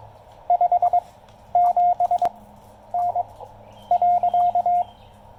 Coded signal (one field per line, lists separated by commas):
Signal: Morse code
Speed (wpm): 21 wpm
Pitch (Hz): 710 Hz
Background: none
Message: 57N .